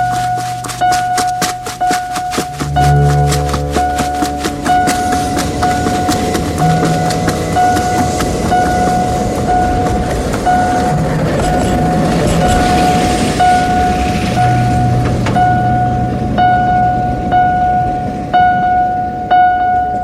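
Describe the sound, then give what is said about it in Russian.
A tram rumbles along its rails in the morning as it pulls up at a dormitory, with rhythmic clattering and a steady, high metallic whine ringing over the low rolling noise, loud and continuous throughout, with no voices. “Выходит из трамвая, бежит к зданию.”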